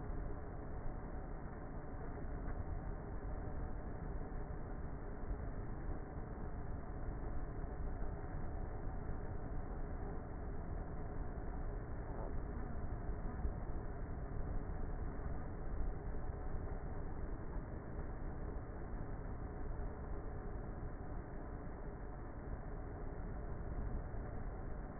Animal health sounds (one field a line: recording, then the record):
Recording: honeybee colony, microphone inside the hive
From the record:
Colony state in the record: queenless with a low population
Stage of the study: before two queens were removed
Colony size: about 30,000 bees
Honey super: no